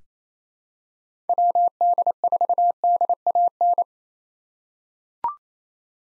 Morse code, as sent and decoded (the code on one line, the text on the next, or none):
.-- -.. ....- -.. .- -.
WD4DAN